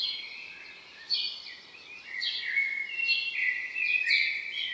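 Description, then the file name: Common blackbird giving quick, high, scratchy calls and thin sliding notes, packed closely together through the whole stretch. "Turdus merula"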